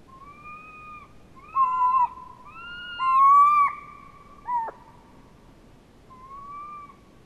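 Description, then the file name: Owl calls: a series of clear whistled hoots around one pitch, some sliding up or down, a louder call near the middle and a sharp dropping note after. Recorded on 25 October 2009. "20091025 owls"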